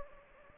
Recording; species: mosquito wingbeat signal from an infrared sensor; Anopheles gambiae